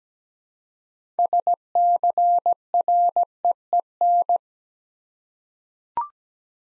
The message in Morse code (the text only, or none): SCREEN